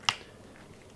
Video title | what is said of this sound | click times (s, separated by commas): The Broomstick Unicorn: My Weird GoPro Mounting System & RapidKL Card Drama (BTS January 27, 2026) | Locks down. There's no play at all. Nothing. It is solid. | 0.1 s